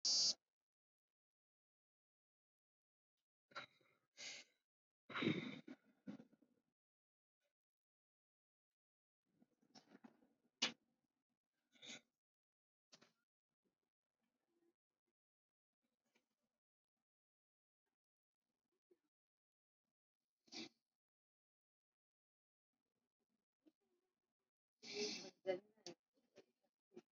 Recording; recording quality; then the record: deep breathing; moderate, slight background noise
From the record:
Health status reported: COVID-19 positive, no symptoms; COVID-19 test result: positive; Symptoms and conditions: cough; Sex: female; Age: 45 years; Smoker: not ticked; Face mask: worn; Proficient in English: yes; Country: India